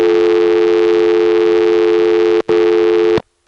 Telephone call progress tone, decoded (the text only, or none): dial tone